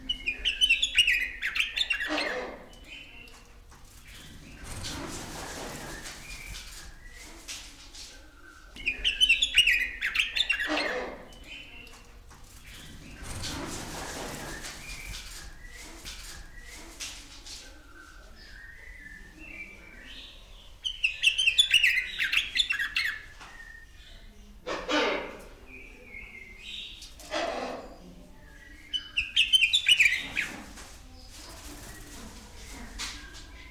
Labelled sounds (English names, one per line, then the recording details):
Yellow-vented Bulbul
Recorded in captivity
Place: Zoo Berlin, Berlin, DE
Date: 1996-02-10 15:11
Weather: heiter bis wolkig, -11°C
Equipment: Sony MD-WM MZ-R3, Sennheiser ME 80, Kopie Uher 4000 Report Monitor
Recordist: Tembrock, Günter
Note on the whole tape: Strophen, Entfernung ca. 1 m